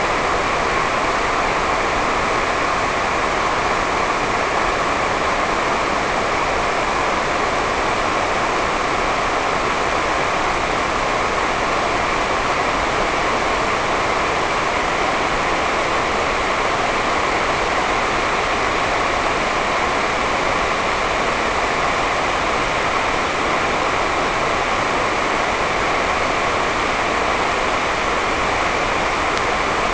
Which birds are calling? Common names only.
none